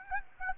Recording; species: mosquito wingbeat signal from an infrared sensor; Aedes aegypti